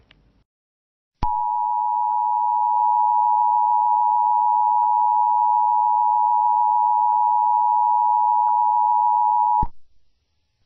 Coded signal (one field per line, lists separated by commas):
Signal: Emergency Alert System (SAME) tones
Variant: 853 and 960 Hz attention tone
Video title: EAS Scenario - Talking Angela's Rampage: Ailurophobia | (Ft. SPCEastCoast1559)